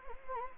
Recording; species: mosquito wingbeat signal from an infrared sensor; Anopheles gambiae